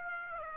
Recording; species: mosquito wingbeat signal from an infrared sensor; Aedes aegypti